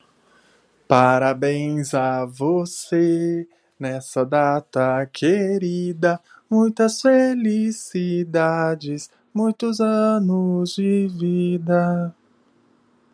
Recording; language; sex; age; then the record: short text; Brazilian Portuguese; male; 30 to 39 years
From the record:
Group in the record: control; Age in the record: 33 years